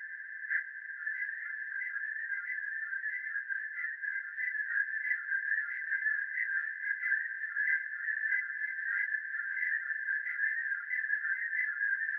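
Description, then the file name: Cicadas giving a steady, unbroken buzzing drone at one even pitch, faintly pulsing throughout, with no other sounds. "Zeitrauschen Zikaden"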